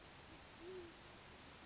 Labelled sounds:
Great Horned Owl (Bubo virginianus)

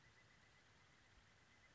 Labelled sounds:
Pileated Woodpecker (Dryocopus pileatus)

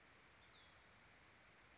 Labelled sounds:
Cassin's Vireo (Vireo cassinii)

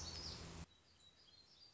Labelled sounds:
Black-throated Gray Warbler (Setophaga nigrescens)

